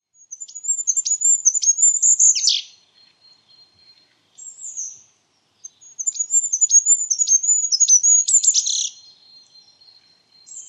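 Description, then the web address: Bird giving very high, thin chirps in fast sputtering runs, two bursts of about two to three seconds split by a short pause with a few faint notes; quiet background. "cianscape. Deverinetal 2025. Bird Only"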